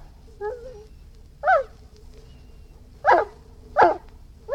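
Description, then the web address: Irish Wolfhound giving a short whine followed by four harsh barks at uneven intervals over a faint steady hum. "Irish Wolfhound barking"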